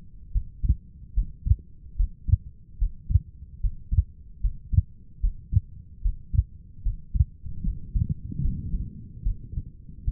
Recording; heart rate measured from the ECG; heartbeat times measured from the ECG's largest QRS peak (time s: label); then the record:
heart sounds by stethoscope; 74 bpm
0.32 s: heartbeat
1.14 s: heartbeat
1.96 s: heartbeat
2.78 s: heartbeat
3.61 s: heartbeat
4.41 s: heartbeat
5.21 s: heartbeat
6.02 s: heartbeat
6.83 s: heartbeat
7.63 s: heartbeat
8.41 s: heartbeat
9.23 s: heartbeat
10.05 s: heartbeat
From the record:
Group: healthy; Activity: Valsalva maneuver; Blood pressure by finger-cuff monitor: 118/76 mmHg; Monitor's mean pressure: 90 mmHg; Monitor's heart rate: 74 bpm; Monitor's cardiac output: 5.6 L/min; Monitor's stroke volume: 76 mL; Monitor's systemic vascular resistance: 1180 dyn s/cm5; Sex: female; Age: 37 years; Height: 168 cm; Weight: 70 kg